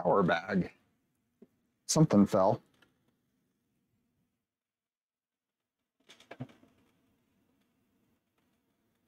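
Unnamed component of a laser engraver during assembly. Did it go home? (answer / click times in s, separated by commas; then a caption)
yes / 6.3 s. Someone talks while fitting an unnamed part during assembly of an Ortur Laser Master 3 diode laser engraver. After a pause, a cluster of faint ticks leads into a short, sharp click at 6.3 s as the part snaps and seats into place.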